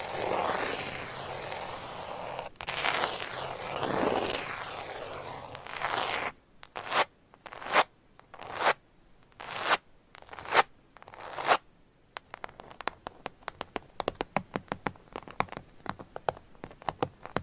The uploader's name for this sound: Tapping and Scratching